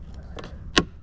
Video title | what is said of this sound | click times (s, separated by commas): How to fix your Sea-Doo LCD Display if it popped out. Easy 10 minute fix. | go you heard that pop | 0.8 s